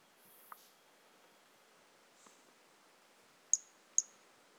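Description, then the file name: Brachycephalus mirissimus toadlet: two piercing high notes about half a second apart near the end, after faint scattered sounds and a quiet hiss. Individual 01, recorded 18 January 2018; the animal was not collected. "Brachycephalus mirissimus 18 jan 2018 individual 01 ex 02 A E Confetti not collected"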